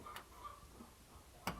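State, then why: Seated. The hose-end coupler of a grease gun is pushed onto a metal grease fitting on a Jaguar's rear suspension. After quiet low-level handling noise and a faint tick near 0.1 s, a sharp, bright click at 1.5 s marks the coupler snapping onto the fitting and seating.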